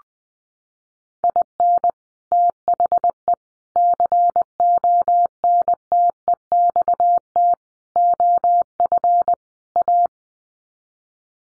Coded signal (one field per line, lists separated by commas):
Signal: Morse code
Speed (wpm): 20 wpm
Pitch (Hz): 700 Hz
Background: none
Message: IN THE CONTEXT OF A